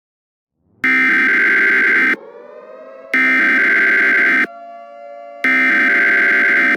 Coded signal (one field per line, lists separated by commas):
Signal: Emergency Alert System (SAME) tones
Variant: header bursts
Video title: EAS Scenario: Under the Moon's Light Part 1